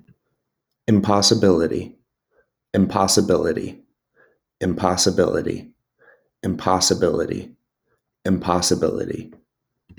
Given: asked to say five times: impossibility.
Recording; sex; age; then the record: repeated word; male; 20 to 29 years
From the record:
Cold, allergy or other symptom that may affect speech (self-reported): no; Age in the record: 27 years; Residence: Georgia, United States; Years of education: 16